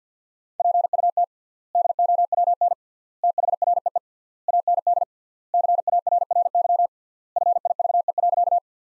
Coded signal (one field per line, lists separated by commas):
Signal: Morse code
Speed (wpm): 50 wpm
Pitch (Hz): 700 Hz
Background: none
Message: PUT DOWN THREE AND CARRY FIVE.